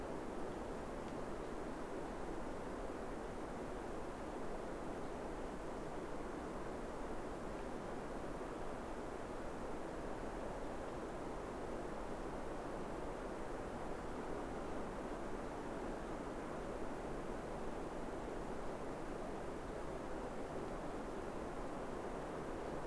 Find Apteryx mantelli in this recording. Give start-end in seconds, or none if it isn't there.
none